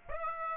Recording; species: mosquito wingbeat signal from an infrared sensor; Aedes aegypti